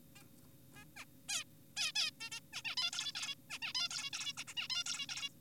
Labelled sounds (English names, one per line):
Zebra Finch